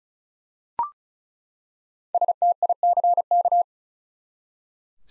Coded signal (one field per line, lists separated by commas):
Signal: Morse code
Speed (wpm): 36 wpm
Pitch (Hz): 700 Hz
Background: none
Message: STICK